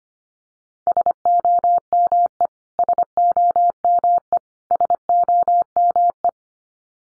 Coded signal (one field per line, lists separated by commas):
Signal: Morse code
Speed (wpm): 25 wpm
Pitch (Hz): 700 Hz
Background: none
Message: SOME SOME SOME